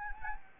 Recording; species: mosquito wingbeat signal from an infrared sensor; Anopheles gambiae